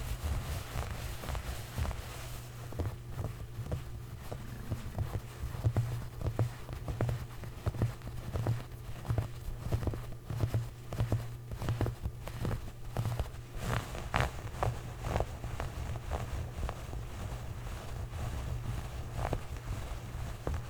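Clothes scratching and rubbing, in quick, irregular strokes that land as dry scrapes and soft thumps. The strokes thicken after the first couple of seconds and continue to the end. A steady low hum runs underneath throughout.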